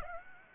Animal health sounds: mosquito wingbeat signal from an infrared sensor; Aedes aegypti

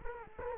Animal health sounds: mosquito wingbeat signal from an infrared sensor; Culex quinquefasciatus

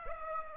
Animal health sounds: mosquito wingbeat signal from an infrared sensor; Aedes aegypti

